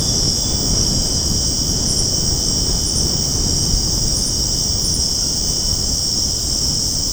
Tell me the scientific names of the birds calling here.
none